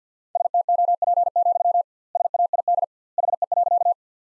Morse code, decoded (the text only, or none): STOP, SAID HE.